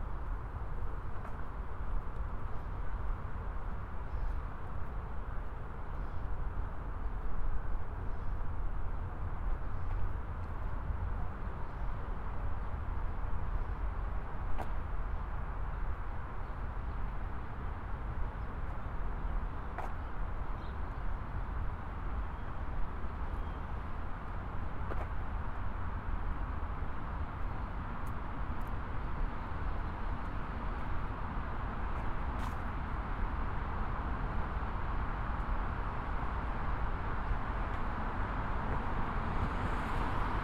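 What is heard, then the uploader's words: Walking down a busy Queens street, a steady low traffic roar fills the scene, with brief sharp clicks around fifteen, twenty and twenty-five seconds. I walk through down 111th in Corona, then into the park near the Hall of Science where someone is playing with an electronic toy car. Binaural field recording.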